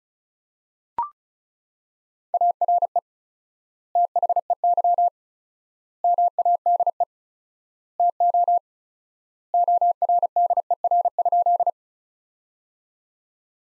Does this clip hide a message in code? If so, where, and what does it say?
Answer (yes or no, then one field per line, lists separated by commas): yes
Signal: Morse code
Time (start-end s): 2.3-11.7 s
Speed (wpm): 34 wpm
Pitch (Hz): 700 Hz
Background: none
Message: ARE THEY MADE TO ORDER?